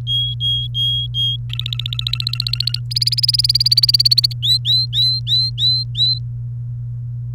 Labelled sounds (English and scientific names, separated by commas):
Domestic Canary (Serinus canaria) song